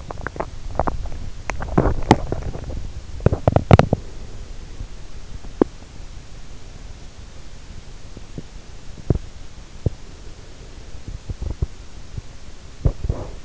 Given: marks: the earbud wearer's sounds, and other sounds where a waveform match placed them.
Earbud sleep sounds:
sounds in sleep by an in-ear microphone; teeth grinding
0.00-5.94 s: teeth grinding
8.85-13.45 s: teeth grinding

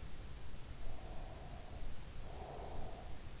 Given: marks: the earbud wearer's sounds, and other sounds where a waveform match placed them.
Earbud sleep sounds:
sounds in sleep by an in-ear microphone; breath
0.84-3.24 s: breath

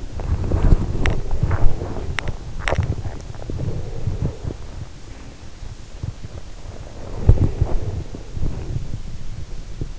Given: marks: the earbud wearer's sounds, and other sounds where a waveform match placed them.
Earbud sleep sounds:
sounds in sleep by an in-ear microphone; body movement
0.00-5.04 s: body movement
6.67-9.95 s: body movement

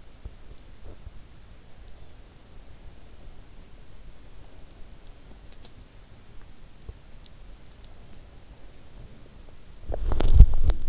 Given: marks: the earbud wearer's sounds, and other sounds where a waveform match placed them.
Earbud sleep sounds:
sounds in sleep by an in-ear microphone; teeth grinding, swallowing, body movement
0.00-1.18 s: teeth grinding
5.16-5.81 s: swallowing
6.61-7.14 s: teeth grinding
9.72-10.89 s: body movement

